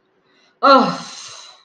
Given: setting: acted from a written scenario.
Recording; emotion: vocal sound without words; relief